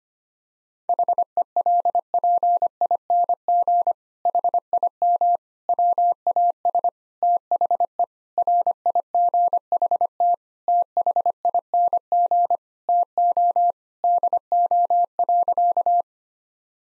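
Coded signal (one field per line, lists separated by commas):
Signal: Morse code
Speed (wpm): 25 wpm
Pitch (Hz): 700 Hz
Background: none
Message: HELPING HIM WAS THE RIGHT THING TO DO.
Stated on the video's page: Morse code practice at 25 wpm: sentences built from common seven-word phrases, each sent, then spoken, then sent again, for head-copy training.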